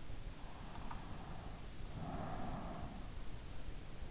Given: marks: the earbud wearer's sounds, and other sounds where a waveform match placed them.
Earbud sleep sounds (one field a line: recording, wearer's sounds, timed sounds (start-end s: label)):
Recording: sounds in sleep by an in-ear microphone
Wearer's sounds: breath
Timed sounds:
0.66-3.13 s: breath